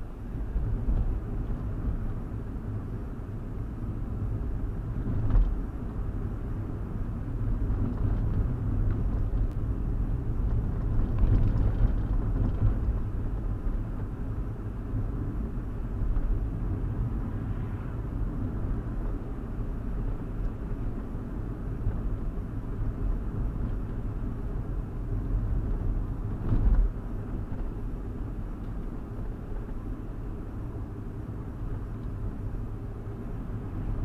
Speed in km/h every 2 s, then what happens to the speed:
44, 42, 44, 42, 40, 42, 42, 44, 45, 47, 45, 44, 44, 42, 42, 40, 40.
0-9 steady at about 42. 9-18 speeds up to 47. 18-34 steady at about 42.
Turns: none.